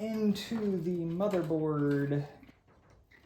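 A CPU power cable plug, looped through the back, is being handled toward the motherboard header while someone talks. Only speech is heard, and nothing has seated or clicked yet.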